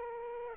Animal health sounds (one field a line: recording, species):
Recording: mosquito wingbeat signal from an infrared sensor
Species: Aedes aegypti